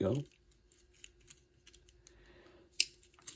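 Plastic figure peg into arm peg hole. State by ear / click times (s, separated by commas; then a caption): seated / 2.8 s. A plastic peg on an action figure is pressed into the peg hole on its arm, with faint small ticks before a sharp snap at 2.8 s as this second peg clicks into place. Someone talks briefly at the start. The peg is seated.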